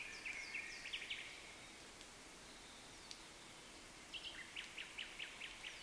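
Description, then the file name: Common nightingale song: two bursts of sharp, rapidly repeated high notes with a quiet gap between them, over a steady faint background hiss. "Luscinia megarhynchos"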